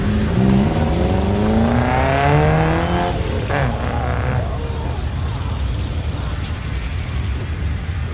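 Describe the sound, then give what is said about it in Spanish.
Car engines roar and rev past, with rising and falling engine pitch and a sharp burst midway, over a steady loud rumble of traffic noise. “Corríamos sin rumbo entre murmullos de gritos lejanos y la prisa arrolladora de vehículos, ahora conducidos por muñecos sin alma.”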